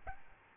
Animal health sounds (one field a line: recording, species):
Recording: mosquito wingbeat signal from an infrared sensor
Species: Aedes albopictus